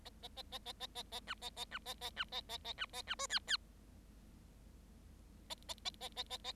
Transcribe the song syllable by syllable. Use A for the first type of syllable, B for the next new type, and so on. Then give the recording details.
A A A A A A A A B A A B A A B A A A B A B C D D A A A A A A A. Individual Bird7